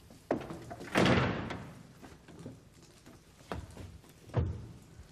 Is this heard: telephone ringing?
no